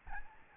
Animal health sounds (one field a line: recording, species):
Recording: mosquito wingbeat signal from an infrared sensor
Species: Aedes albopictus